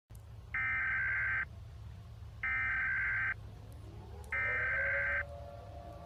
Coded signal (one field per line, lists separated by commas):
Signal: Emergency Alert System (SAME) tones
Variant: header bursts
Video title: i rated a few eas alarms part 2